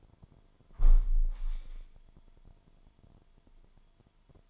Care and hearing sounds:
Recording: daily activity, microphone in the room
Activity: close window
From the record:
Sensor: 5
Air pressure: 998.1 hPa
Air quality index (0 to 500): 98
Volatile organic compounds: 2 ppm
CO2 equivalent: 1119 ppm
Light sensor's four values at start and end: 27/65/27/29 and 27/65/27/29

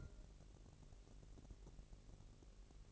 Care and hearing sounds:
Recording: daily activity, microphone in the room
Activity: take from stove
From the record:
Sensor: 4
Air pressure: 1002.9 hPa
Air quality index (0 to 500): 235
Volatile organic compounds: 10 ppm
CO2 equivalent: 2206 ppm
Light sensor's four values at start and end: 7/15/6/6 and 7/15/6/6

